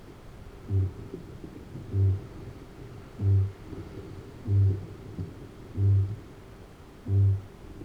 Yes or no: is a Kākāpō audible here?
yes